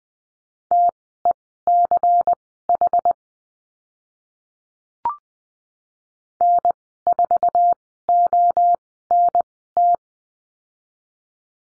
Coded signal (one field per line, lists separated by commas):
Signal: Morse code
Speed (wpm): 20 wpm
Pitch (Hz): 700 Hz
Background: none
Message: TECH N4ONT